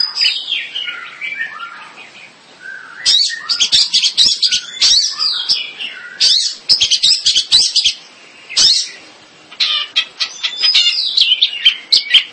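Bird song: falling whistled notes at the start, then loud bursts of rapid, high chirping separated by short gaps.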